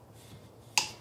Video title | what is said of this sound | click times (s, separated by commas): JessEm Tool Company's Ultimate Excel II Router Package The Un-Boxing & Assembly 😱😲🤪 WWWMr.Kevin | Ah! Oh my God, it locks it into place. I thought I broke it. | 0.8 s